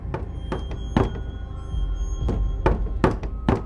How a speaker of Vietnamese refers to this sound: Bóng ma lại đi vòng ra ngoài rồi gõ cửa. Tiếng gõ cửa vang lên trong đêm. Đúng là bóng ma gõ.